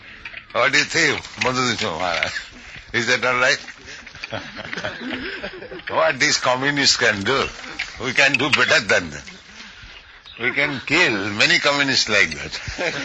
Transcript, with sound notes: What do you think, Madhudviṣa Mahārāja? Is that all right?
Yes.
[laughing] What these Communists can do? We can do better than them. We can kill many Communists like that.